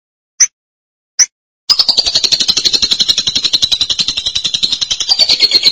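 Lovebird song: two short separate high chips, then a long continuous rapid, shrill chatter to the end.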